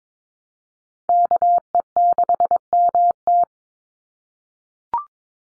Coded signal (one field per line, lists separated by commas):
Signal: Morse code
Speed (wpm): 22 wpm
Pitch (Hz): 700 Hz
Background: none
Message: KE6MT